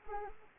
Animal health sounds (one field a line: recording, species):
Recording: mosquito wingbeat signal from an infrared sensor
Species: Anopheles arabiensis